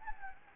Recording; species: mosquito wingbeat signal from an infrared sensor; Anopheles gambiae